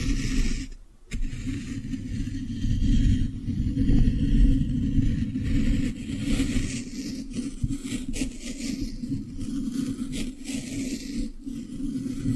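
Soft brushing with squishy sounds runs as a dense, steady low rustle through nearly the whole clip. A brief pause comes around the one-second mark, then the texture resumes. Light, brighter scratchy strokes flick in now and then, notably near six, eight and eleven seconds.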